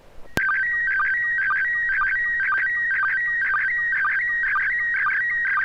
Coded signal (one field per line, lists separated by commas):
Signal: SSTV (slow-scan television)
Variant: PD 120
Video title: N6NA SSTV Net - 05/11/2022